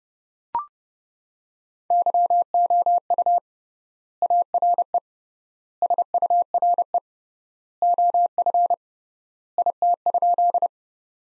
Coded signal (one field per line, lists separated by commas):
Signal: Morse code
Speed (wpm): 30 wpm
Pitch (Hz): 700 Hz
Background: none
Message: YOU ARE SURE OF IT?